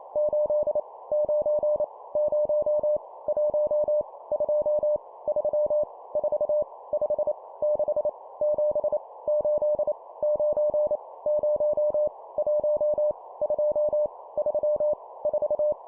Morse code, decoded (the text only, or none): 8 9 0 1 2 3 4 5 6 7 8 9 0 1 2 3 4